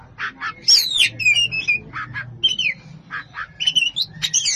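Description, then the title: Oriental magpie-robin song: a varied run of harsh squawky notes mixed with short whistled slurs, given in quick bursts over a faint low hum. "Kacer"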